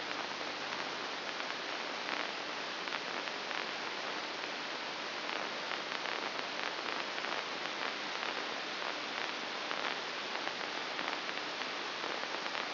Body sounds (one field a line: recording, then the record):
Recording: brain microelectrode recording played as sound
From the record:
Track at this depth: inside the subthalamic nucleus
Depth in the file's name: 2.604 mm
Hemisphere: right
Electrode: 2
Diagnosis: Parkinson's disease